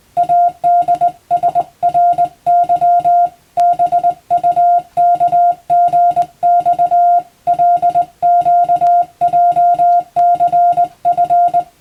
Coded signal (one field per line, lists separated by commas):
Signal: Morse code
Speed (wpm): 20 wpm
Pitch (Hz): 700 Hz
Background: music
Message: ADSRY BUKGX LQJCF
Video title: 無線従事者国家試験総合無線通信士電気通信術のトレーニングにＣＷを打ってみました。アマチュア無線ハムの受信練習にもどうぞ(morse code practice for radio operator )